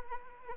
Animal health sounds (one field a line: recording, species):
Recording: mosquito wingbeat signal from an infrared sensor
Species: Anopheles arabiensis